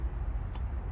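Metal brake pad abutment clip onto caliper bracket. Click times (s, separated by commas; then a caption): 0.5 s. A metal brake pad abutment clip for a 2013-2018 Nissan Altima is pushed over the ridge and pressed straight onto the caliper bracket over a low, steady background rumble. It snaps into place with a short, sharp click at 0.6 s, and the clip is seated correctly.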